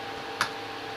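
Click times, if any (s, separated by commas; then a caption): 0.4 s. A DDR4 memory module is pressed into the first DIMM slot on a motherboard. Its plastic retention latch snaps closed with one sharp click at 0.4 s over a steady background hum. The memory is locked into place.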